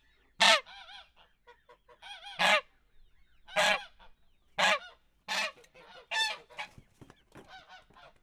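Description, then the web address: Domestic goose honking: harsh, nasal honks given singly at irregular intervals, with softer gabbling notes between them. Domestic geese in a farmyard. "allathangok parasztudvar hazilud liba liba"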